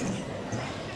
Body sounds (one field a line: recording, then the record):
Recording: coughing mixed with background sound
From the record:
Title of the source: Spring Cold Coughing.